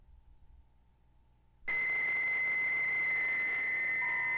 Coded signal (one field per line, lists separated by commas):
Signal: PSK63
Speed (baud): 62.5 baud